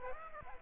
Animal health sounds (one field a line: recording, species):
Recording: mosquito wingbeat signal from an infrared sensor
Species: Aedes aegypti